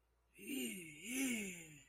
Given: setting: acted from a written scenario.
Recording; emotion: vocal sound without words; ecstasy